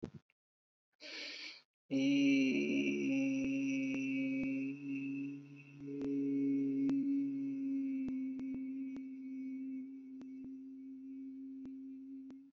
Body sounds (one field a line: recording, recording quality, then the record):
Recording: sustained vowel as in beet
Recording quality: excellent, no background noise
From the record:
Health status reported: healthy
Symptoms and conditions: none ticked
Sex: male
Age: 36 years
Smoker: not ticked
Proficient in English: yes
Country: India